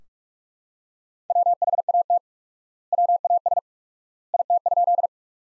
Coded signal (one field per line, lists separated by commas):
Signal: Morse code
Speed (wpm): 44 wpm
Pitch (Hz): 700 Hz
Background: none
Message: WHAT WAS IT?